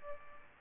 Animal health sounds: mosquito wingbeat signal from an infrared sensor; Aedes aegypti

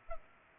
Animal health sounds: mosquito wingbeat signal from an infrared sensor; Culex pipiens

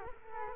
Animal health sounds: mosquito wingbeat signal from an infrared sensor; Culex quinquefasciatus

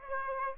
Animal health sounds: mosquito wingbeat signal from an infrared sensor; Aedes aegypti

